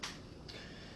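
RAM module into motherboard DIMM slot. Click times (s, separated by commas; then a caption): 0.0 s, 0.5 s. A DDR4 memory stick is lined up and pressed into a motherboard DIMM slot. The retention clips on each side click at 0.0 s and 0.5 s, the first sharper and the second longer. The module latches in and is seated.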